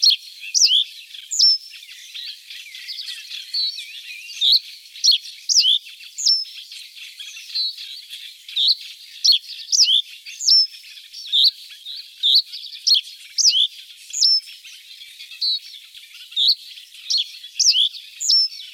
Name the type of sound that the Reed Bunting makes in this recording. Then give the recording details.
song. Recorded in the wild. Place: Flögelner See, Schleswig-Holstein, DE. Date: 1981-06-08. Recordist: Schwarz, Dieter